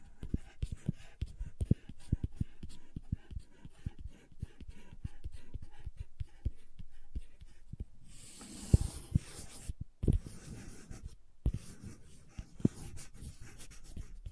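Crayons tap and scrape across paper in dense, quick strokes, with a brighter rough scratching burst near nine seconds and a brief pause after.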